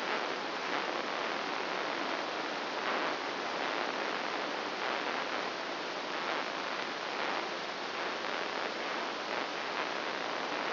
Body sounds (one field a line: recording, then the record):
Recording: brain microelectrode recording played as sound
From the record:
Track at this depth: outside the subthalamic nucleus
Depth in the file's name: 0.089 mm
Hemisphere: right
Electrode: 2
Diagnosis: Parkinson's disease